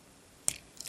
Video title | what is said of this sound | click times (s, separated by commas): Robots in Disguise 2015 Deployers FRACTURE: EmGo's Transformers Reviews N' Stuff | You want to lock the knees | 0.5 s